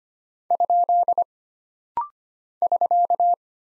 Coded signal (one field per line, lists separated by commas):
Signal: Morse code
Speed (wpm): 25 wpm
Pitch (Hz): 700 Hz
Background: none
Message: ? <SK>